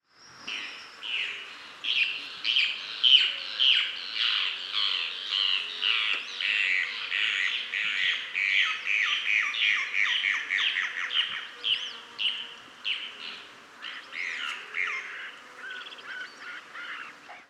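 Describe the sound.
Bird calling in a dense, rapid chatter of harsh squawks and chirps, notes tumbling over each other with hardly a pause.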